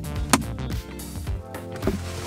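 After the cabin air filter on a Jeep Wrangler is replaced, the small glove box damper lever is put back into its mounting hole on the dash and pressed down until it snaps. A sharp, loud snap at 0.3 s stands out over steady background music and several softer knocks. The lever is seated.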